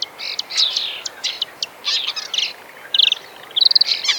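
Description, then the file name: Marsh warbler giving scratchy, buzzy phrases interspersed with brief chirps, ending with quick rattling trills. "kamyshovka bolotnaja"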